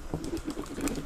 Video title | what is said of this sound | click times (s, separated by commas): 🔋 Making a sick Overclocking Tool - Full Tutorial - Testing 🛠 #cryptocurrency #mining | and then we're just going to crimp tight until it clicks | 0.9 s